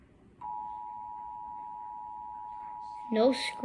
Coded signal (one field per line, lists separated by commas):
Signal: Emergency Alert System (SAME) tones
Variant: 853 and 960 Hz attention tone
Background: speech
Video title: Eas test